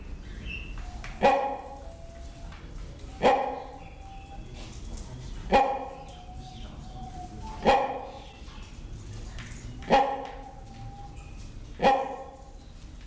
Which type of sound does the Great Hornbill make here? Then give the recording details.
call. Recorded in captivity. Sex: pair. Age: adult. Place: Zoo Berlin, Berlin, DE. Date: 1993-01-16 10:52. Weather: heiter, 10-13°C. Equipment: Marantz CP 430, Sennheiser ME 80, Kopie Uher Variocord 263. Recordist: Tembrock, Günter